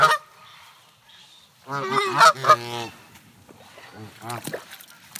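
Canada goose honks, a short burst of harsh nasal calls near the middle and a few more toward the end, with quiet gaps between.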